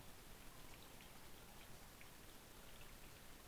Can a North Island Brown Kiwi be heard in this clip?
no